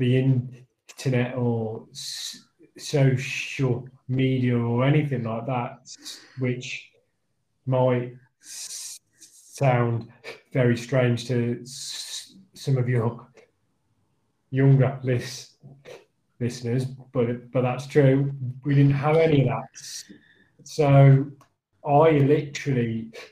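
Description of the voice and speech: Adult male speech with stammering that dates back to his younger years: word repetitions, a part-word restart, stretched sounds and long pauses.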